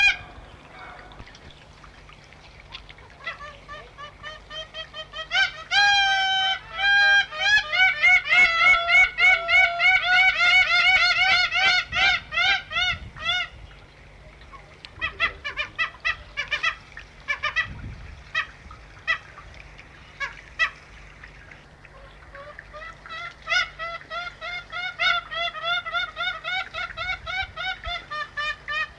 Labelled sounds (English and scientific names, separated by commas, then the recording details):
Belcher's Gull (Larus belcheri) call
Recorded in captivity
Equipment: Halbspur, 9,5 cm/s
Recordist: Lütgens, Hans
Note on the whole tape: Rufe